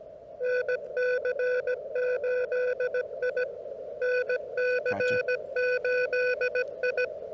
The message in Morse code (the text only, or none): NC8I NC8I